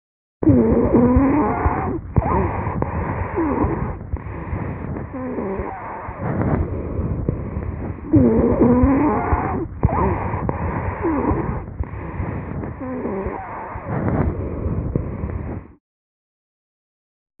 An animal with wheezes, as might be heard associated with asthma. The presence of wheezes should be taken as a sign of pulmonary pathology, but they are not pathognomonic for any single disease.